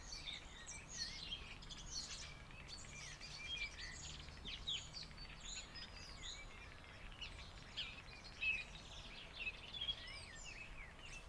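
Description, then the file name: Common Starling singing a rambling medley of chirps, squeaky whistles and clicks in quick succession, with a constant low rumbling background. Starling heard in the background. "Szpak w tle golab"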